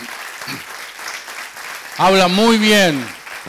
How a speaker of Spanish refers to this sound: Así que, ¿qué les parece si le damos un aplauso para honrar al Señor, pero para también reconocer la acción de su pastor?